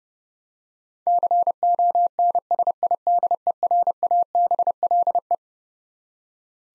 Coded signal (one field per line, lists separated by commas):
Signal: Morse code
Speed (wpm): 30 wpm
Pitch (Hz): 700 Hz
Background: none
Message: CONSIDERABLE